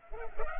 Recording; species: mosquito wingbeat signal from an infrared sensor; Culex pipiens